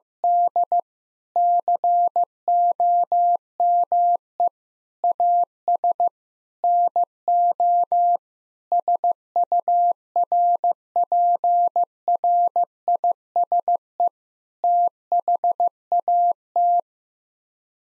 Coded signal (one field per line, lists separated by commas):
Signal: Morse code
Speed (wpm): 15 wpm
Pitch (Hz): 700 Hz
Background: none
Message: D COME AS NO SURPRISE THAT